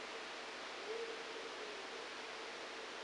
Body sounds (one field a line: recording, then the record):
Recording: brain microelectrode recording played as sound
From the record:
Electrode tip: outside the subthalamic nucleus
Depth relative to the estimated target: 4 mm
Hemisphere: right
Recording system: NeuroSet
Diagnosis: Parkinson's disease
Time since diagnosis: 7 years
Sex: male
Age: 69 years